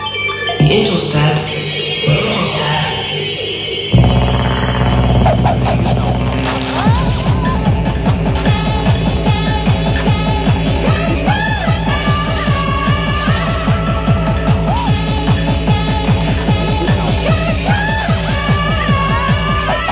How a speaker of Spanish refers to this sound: La música del Killer Instinct Gold, la versión para Nintendo 64.